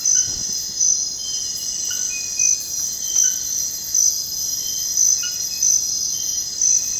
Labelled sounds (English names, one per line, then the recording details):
none
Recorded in dense forest near Puerto Asís, Putumayo, Colombia, on 19 February 2024 at 05:00
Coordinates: 0.472, -76.329
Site G6394